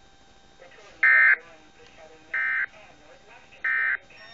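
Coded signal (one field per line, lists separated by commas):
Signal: Emergency Alert System (SAME) tones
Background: speech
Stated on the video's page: Severe thunderstorm warning for Tazewell, Illinois, received from a home station and 105.7 FM.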